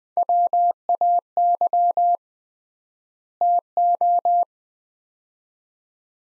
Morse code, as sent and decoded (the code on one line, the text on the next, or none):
.-- .- -.-- / - ---
WAY TO